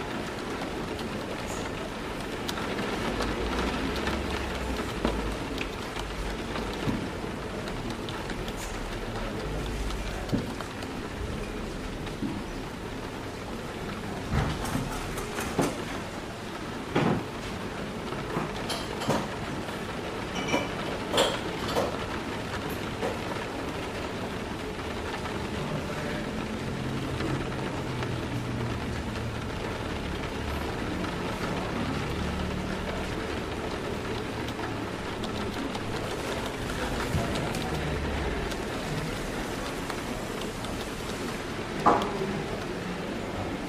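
Steady rain patters against a window over a dense, even wash of sound that hardly changes across the whole stretch. Low murmuring chatter runs underneath, and scattered sharp clinks of cups ring out every few seconds, clustered around the middle and near the end.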